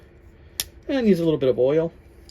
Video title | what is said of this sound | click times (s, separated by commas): MYSTERY KNIFE LOT UNBOXING!!🔪🔪🔪📦 | And that just snapped right back into place. | 0.6 s